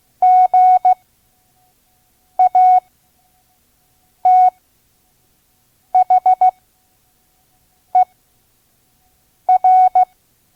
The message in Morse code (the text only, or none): GATHER